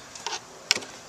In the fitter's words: you just pull it forward and click long that's it it's just that's it it's not that big a deal